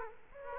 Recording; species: mosquito wingbeat signal from an infrared sensor; Aedes aegypti